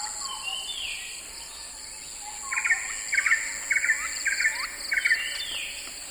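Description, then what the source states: Insects drone steadily in high, continuous bands, while sweeping chirps and a run of rapid pulsed calls from other animals cut through the second half. Insects calling in a swamp.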